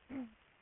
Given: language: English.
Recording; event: throat vibration sensor signal played as sound; throat clearing